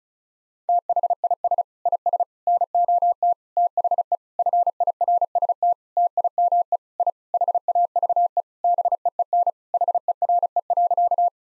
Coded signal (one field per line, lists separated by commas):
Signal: Morse code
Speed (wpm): 36 wpm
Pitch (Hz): 700 Hz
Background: none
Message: THIS IS NOT THE FIRST TIME I HAVE BEEN HERE.